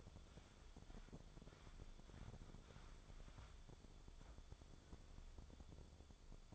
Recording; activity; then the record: daily activity, microphone in the room; wipe stove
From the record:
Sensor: 5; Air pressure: 1015.2 hPa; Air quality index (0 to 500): 154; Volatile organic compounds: 4 ppm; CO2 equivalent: 1672 ppm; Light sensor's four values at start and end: 35/81/33/34 and 35/83/34/36